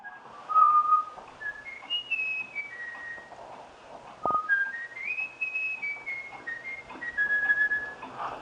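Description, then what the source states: Eurasian Bullfinch whistling a slow tune of pure, steady notes that step up and down between phrases, with a brief click midway. Bullfinch whistling a melody taught to it by a researcher through regular whistling to it.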